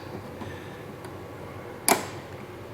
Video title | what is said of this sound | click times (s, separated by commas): Graves Smog Block Off Plate Install on a 15-17 Yamaha YZF-R1 from SportbikeTrackGear.com | hear that release and to get it to lock into place you push it in once again | 1.9 s